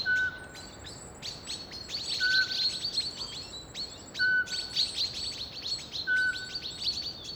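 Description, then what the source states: Eurasian pygmy owl whistling brief mellow hoots at steady intervals under a busy wash of high, rattling alarm chatter from several small birds. Male hooting while being mobbed.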